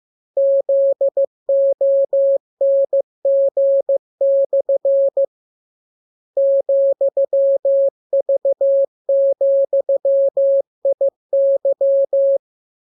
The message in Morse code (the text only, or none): ZONG/ ,V,IY